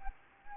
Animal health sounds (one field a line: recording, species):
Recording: mosquito wingbeat signal from an infrared sensor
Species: Anopheles gambiae